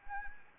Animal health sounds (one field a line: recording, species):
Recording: mosquito wingbeat signal from an infrared sensor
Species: Anopheles arabiensis